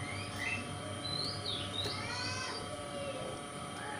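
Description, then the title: Oriental magpie-robin singing short whistled phrases that rise and fall, over a steady low hum and background noise. Song style called kacer konslet in the Indonesian title. "Kacer Konslet Bikin Kacer Lain"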